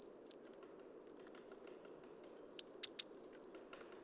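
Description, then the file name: Eurasian blue tit utters a single high sliding note then a fast run of short falling notes, after a brief high note at the start, above steady low noise. "Cyanistes caeruleus"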